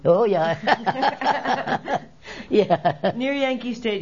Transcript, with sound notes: Oh, yeah. ( they laugh ) Yeah.
Near Yankee Stadium.